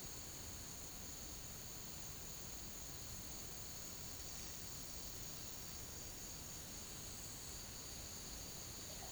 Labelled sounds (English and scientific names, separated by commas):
none